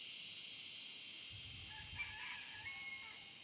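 Cicada giving a continuous high shrill buzz, steady without a break, while faint bird calls sound partway through.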